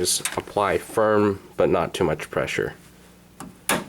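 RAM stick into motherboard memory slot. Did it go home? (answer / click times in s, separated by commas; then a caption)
yes / 3.7 s. A DDR3 memory stick is pressed down with firm pressure into a motherboard memory slot while someone talks. A small tap at 3.4 s is followed by a sharp click at 3.7 s as the retention clips snap shut on both sides, and the stick is seated.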